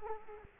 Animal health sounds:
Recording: mosquito wingbeat signal from an infrared sensor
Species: Culex quinquefasciatus

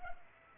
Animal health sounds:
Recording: mosquito wingbeat signal from an infrared sensor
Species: Culex pipiens

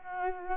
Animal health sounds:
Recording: mosquito wingbeat signal from an infrared sensor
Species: Culex quinquefasciatus

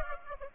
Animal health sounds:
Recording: mosquito wingbeat signal from an infrared sensor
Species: Aedes aegypti

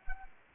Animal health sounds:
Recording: mosquito wingbeat signal from an infrared sensor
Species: Anopheles arabiensis

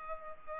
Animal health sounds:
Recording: mosquito wingbeat signal from an infrared sensor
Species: Culex pipiens

